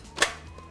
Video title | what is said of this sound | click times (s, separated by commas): RECIPE: Strawberry Margarita in the 72 oz. Ninja® Blender Pitcher | here it click into place you're ready to go | 0.2 s